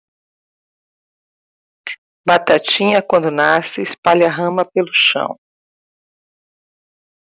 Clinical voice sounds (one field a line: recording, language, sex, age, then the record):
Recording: short text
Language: Brazilian Portuguese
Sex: female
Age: 50 to 59 years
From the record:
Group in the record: control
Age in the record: 57 years